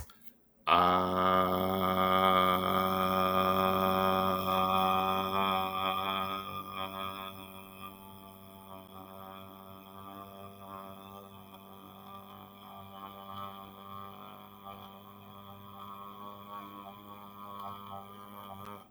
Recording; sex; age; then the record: vowel held as long as possible; male; 40 to 49 years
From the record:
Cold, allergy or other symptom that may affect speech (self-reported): no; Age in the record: 46 years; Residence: North Carolina, United States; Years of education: 14